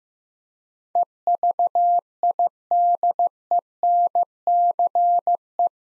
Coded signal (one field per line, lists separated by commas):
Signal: Morse code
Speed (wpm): 15 wpm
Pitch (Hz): 700 Hz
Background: none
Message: EVIDENCE